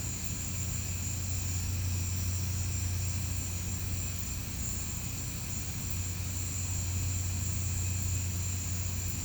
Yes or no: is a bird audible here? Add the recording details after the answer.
no. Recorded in pastures near Puerto Asís, Putumayo, Colombia, on 15 December 2024 at 17:00. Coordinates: 0.505, -76.324. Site G063